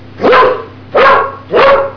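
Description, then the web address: Dog barking, three loud, even barks spaced about two-thirds of a second apart, each one full and slightly drawn out. "Revelation Sight and Sound. Zvuky Zvierata Pes steka"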